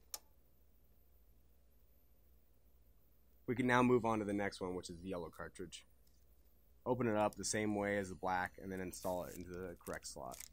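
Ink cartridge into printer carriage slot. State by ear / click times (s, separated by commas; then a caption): seated / 0.1 s. A black setup ink cartridge, its orange cap removed, is pushed down into its slot in the carriage of an HP Deskjet 3520 e-All-in-One printer. It snaps into place with one sharp click at 0.1 s, followed by quiet and then someone talking. The cartridge is seated.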